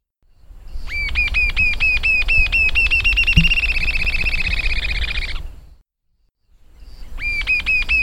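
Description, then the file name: Jacamar song: a clear whistled note rising then held, repeated about four times a second in a long even series, then a pause before the series resumes, over a steady low background rumble. "jacamar omkicau"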